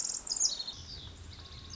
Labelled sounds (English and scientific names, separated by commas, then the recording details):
Pacific Wren (Troglodytes pacificus)
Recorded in Sonoma County, California